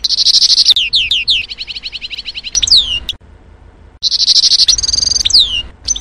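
Goldfinch calling, a quick bright twitter of falling chirps and buzzy trills, a short pause, then another lively twittering burst.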